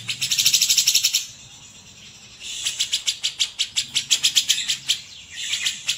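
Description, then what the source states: Grey-cheeked Bulbul song: a dense burst of sharp, high chirps, a quiet gap of about a second, then steady repeated chattering notes. Masteran training song of cucak jenggot.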